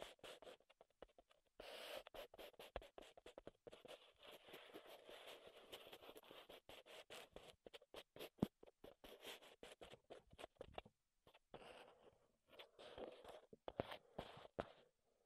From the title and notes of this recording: ASMR Wood Triggers in Your Ears (No Talking).